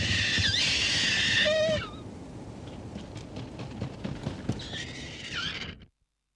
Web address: bird-song kakapo